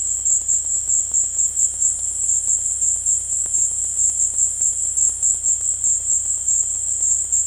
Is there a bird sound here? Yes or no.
no